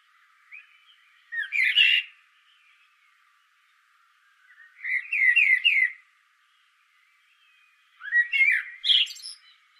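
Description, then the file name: Common blackbird song: three well-spaced phrases, each mixing mellow whistled notes with higher squeaky twittering. "Turdus merula"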